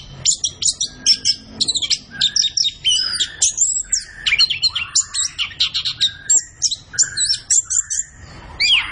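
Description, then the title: Orange-headed thrush song: a fast, unbroken stream of varied high chirps, trills and short whistles, densely packed with barely a pause. Indonesian songbird-keeping training recording (masteran), bird described as gacor. "Anis Kembang Gacor. Kicau Mania Masteran Anis Kembang"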